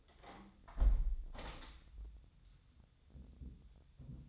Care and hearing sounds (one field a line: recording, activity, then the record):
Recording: daily activity, microphone in the room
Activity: close window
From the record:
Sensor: 3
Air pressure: 1014.8 hPa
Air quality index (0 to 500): 25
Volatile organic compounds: 0 ppm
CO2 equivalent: 503 ppm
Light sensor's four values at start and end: 10/22/9/9 and 10/22/9/9